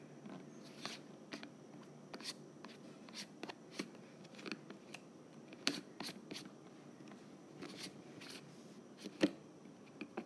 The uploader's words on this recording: ASMR Lid Unscrewing.